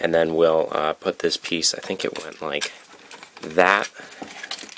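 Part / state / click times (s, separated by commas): model car body piece into diecast car chassis / not seated / none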